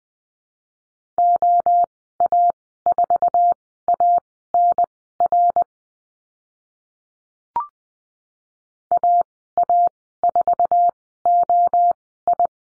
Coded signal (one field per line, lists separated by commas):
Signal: Morse code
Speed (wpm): 20 wpm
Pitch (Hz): 700 Hz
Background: none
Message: OA4ANR AA4OI